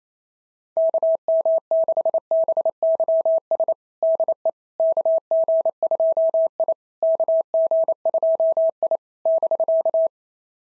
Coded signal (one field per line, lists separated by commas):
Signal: Morse code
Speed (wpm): 25 wpm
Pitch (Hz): 650 Hz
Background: none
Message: KM6BYS DE KG2I KG2I <BK>